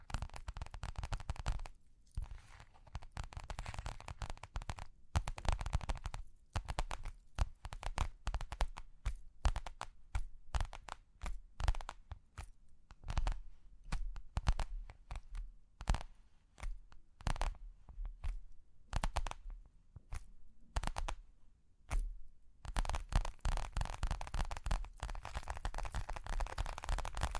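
Tapping and scratching for ear cleaning, heard as a dense run of sharp, crackly clicks that stop and start with brief silent gaps. The opening seconds and the last few are fuller and more continuous, a steady rough scratching, while the middle is choppier and more broken up.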